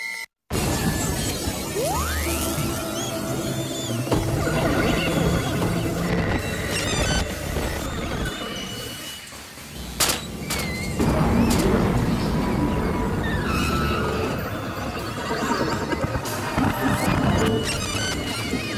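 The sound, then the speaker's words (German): Glass shatters and crashes within a dense, continuous wall of layered noise, with a rising whistle-like tone early on and sharp bursts of clatter scattered throughout. “Erinnert euch an den Klang von zerbrechendem Glas,”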